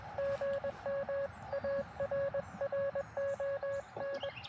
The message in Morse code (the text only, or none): GM ARRON